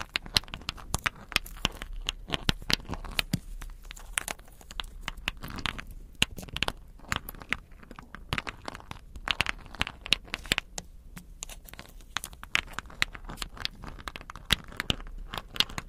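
Crystals, beads and ice-like jewels are tapped and scratched in a dense, irregular stream of sharp clicks and crinkly rustles. The small bright ticks come several times a second for the whole sixteen seconds, with a soft low rumble running underneath.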